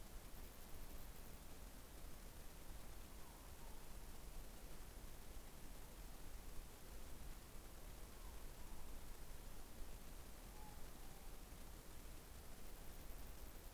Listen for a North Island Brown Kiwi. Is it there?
no